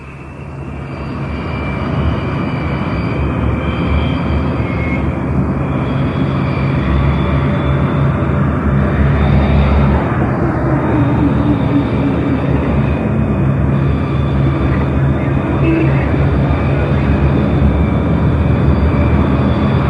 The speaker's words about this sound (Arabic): أيها المستمعون الكرام، جاءنا الآن من برج المراقبة خبر وصول الطائرة المقلة للوردة البيضاء، وها هي الآن تستعد للهبوط على مدرج المطار.